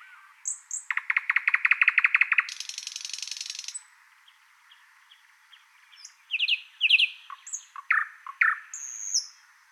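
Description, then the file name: Thrush nightingale song with a rapid loud clacking series, a dry high rattle, a pause, then varied whistles and sharp chipping notes. "British Library - Thrush Nightingale Luscinia luscinia"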